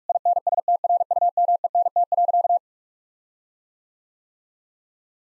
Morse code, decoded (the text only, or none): INSTRUMENT.